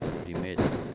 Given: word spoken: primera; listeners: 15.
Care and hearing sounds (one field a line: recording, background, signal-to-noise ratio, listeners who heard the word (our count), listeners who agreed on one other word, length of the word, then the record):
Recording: one Spanish word in noise, from a listening test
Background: noise modulated by one talker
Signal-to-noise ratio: -7.6 dB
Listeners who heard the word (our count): 2 of 15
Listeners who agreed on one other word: 9 of 15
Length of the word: 0.54 s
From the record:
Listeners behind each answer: 9, 2, 1, 1, 1, 1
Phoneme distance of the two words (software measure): 10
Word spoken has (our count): 3 syllables, 7 phonemes, stress on syllable 2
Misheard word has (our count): 3 syllables, 7 phonemes, stress on syllable 2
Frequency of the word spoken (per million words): 546.85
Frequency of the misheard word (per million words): 237.49